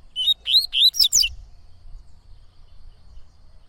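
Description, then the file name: Yellow-bellied seedeater: a rapid string of five bright, rising and falling whistled notes in just over a second, then low background rumble. "canto de coleiro baiano"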